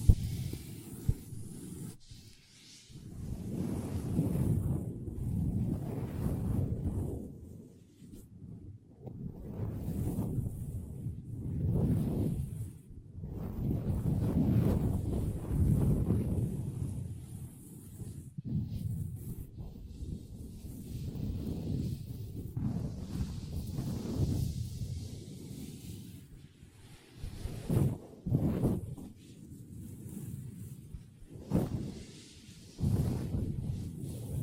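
Long fingernails tap and scratch across a tabletop in uneven, continuous strokes, mostly a low, rough rubbing that swells and fades every second or two. Sharper taps stand out near the start and around 27 to 32 seconds, with a faint hiss underneath throughout.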